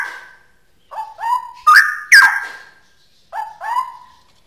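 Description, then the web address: Straw-headed bulbul singing loud whistled phrases, in three bursts of paired notes with short pauses between. Song in the 'ropel' style, described as genuine and original. "cucak-rowo suara-cucak-rowo-ropel-asli"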